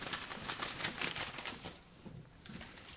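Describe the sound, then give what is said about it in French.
A roll of paper, a bank note, is unrolled with a dry, crackly rustle, irregular bursts of crinkling rising and falling over a few seconds, fairly quiet, with no voices. “Maintenant, prenez ce rouleau de papier. Vous l'avez bien en main ? Très bien. Ouvrez-le et dites-moi ce que c'est.”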